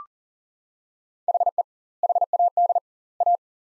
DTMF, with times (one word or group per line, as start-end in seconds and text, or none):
none